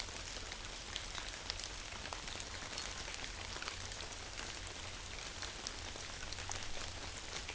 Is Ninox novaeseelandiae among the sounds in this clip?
no